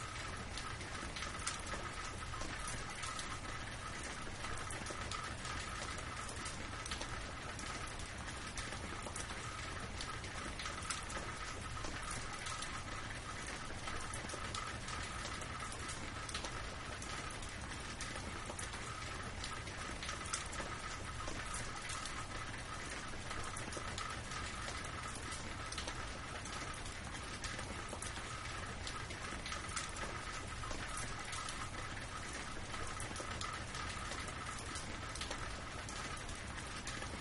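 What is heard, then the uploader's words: Soft rain falls steadily for the whole stretch, a dense, even patter spread from low rumble to bright hiss. Fine taps flicker throughout without ever building or fading, and a faint steady tone hangs in the middle range. No clear thunderclap stands out. Soundscape of soft rain and gentle thunder.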